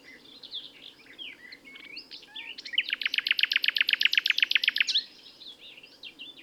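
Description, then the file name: Common nightingale singing: scattered sweet chirps and whistles, then a loud, rapid series of repeated notes lasting about two seconds. "Luscinia megarhynchos"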